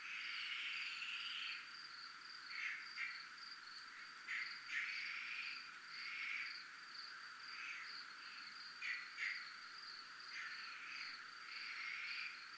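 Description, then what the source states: Crickets keep up a thin, steady high trill while short rasping bursts break in irregularly. Recorded at a zona militar (military zone).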